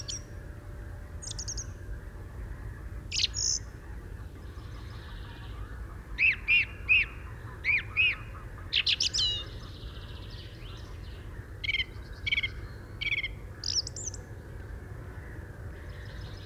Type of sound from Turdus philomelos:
song